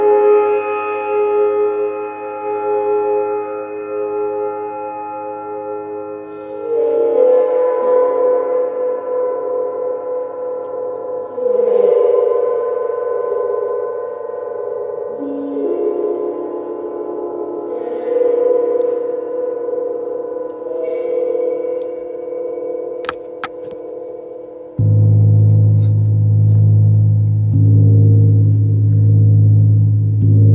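A Neptune gong hums with layered, shimmering tones, swelling with new strikes near 7, 12 and 18 seconds, then a deep low roar from 25 seconds.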